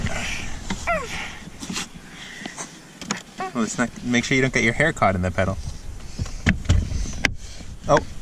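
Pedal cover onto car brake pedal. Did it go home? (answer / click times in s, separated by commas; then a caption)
partly / 7.2 s. A MOPAR rubber/metal pedal cover is pushed onto the brake pedal of a 2014 Dodge Charger while people talk. A few knocks and taps are heard, then a sharp click at 7.2 s. The top of the cover clicks on, but the bottom is not seated.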